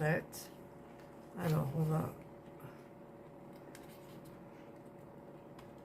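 A small wooden piece from a 3D mechanical puzzle is pushed toward its slot in a wooden frame while someone talks briefly at the start. Faint scraping and light taps follow, with small sharp knocks near 3.8 s and 5.6 s. The piece does not go in, and nothing has seated or clicked.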